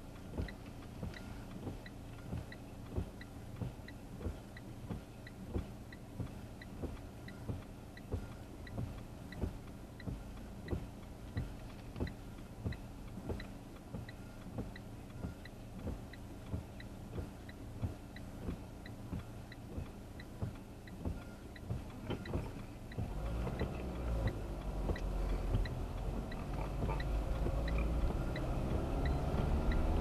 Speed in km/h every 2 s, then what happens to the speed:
0, 0, 0, 0, 0, 0, 0, 0, 0, 0, 0, 4, 12, 16, 22.
0-21 standing. 21-30 pulls away to 22.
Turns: 23-30.